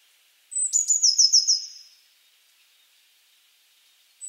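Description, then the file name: Eurasian blue tit delivering one phrase: a high opening note then a quick trill, followed by silence and the start of another note at the end. "Cyanistes caeruleus"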